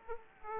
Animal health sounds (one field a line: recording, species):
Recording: mosquito wingbeat signal from an infrared sensor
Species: Aedes aegypti